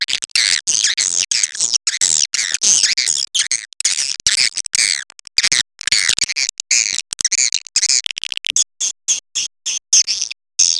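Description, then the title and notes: Swiftlet calls in high chirpy bursts, the sound cutting in and out in short choppy pieces throughout. Swiftlet farming, Asia. "Swiflet Bird Sound. Farming Swiflet Bird asia sound"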